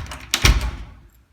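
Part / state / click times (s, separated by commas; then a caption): push button of a door knob lock / seated / 0.3 s. On a closed door, the push button on the inside of a metal knob lock is pressed in, and the lock engages with a sharp click at 0.3 s. A heavier, lower thud follows at about 0.5 s, then the sound fades. The door is locked.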